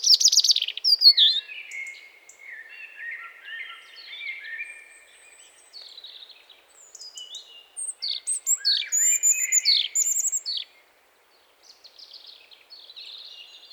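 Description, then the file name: European robin singing a high, warbling song that opens with a loud burst, followed by softer twittering and a clearer run of sharp high notes near eight to ten seconds. "Erithacus rubecula"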